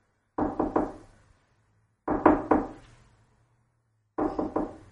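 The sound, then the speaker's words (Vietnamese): Three sets of firm knocks on a door from outside, each a quick group of three raps, separated by short pauses of silence. No voices are heard. “Bầu không khí trong phòng nóng lên, tiếng gõ cửa bên ngoài như một gáo nước lạnh đổ ập xuống, tiêu diệt triệt để.”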